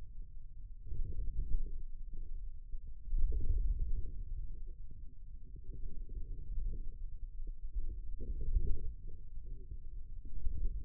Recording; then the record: forearm muscle sounds (acoustic myography)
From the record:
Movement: inward rotation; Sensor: system 2, bracelet of six BSWA MPA416 microphones around the upper forearm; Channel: 4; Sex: male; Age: 22 years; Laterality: right